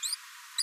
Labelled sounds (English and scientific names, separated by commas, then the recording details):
Green-rumped Parrotlet (Forpus passerinus) babbling
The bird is a male
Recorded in a nest box in Venezuela
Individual 17B42A3